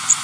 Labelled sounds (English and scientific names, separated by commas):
Blackburnian Warbler (Setophaga fusca) flight call